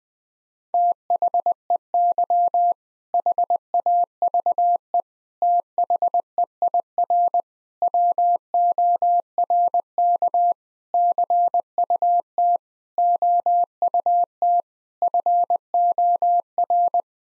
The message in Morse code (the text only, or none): THEY HAVE THEIR WORK CUT OUT FOR